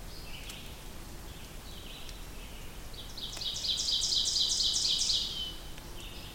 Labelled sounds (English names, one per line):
Ovenbird song